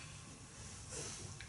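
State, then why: Not seated. A metal XLR plug on a microphone cable is pushed into a microphone over a steady low hiss, with a brief faint tick near 1.4 s. The connector has not clicked or latched yet.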